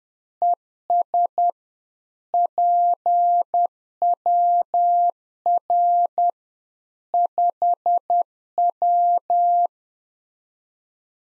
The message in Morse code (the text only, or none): ES PWR 5W